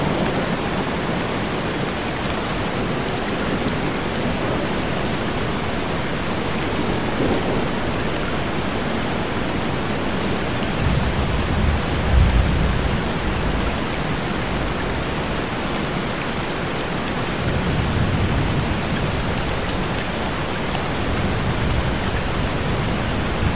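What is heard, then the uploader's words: Steady, dense rain and waterfall rush fill the whole clip evenly, with a soft, low rumble of distant thunder swelling midway. Raining Sounds by Tropical Waterfall with Distant Thunder | White Noise.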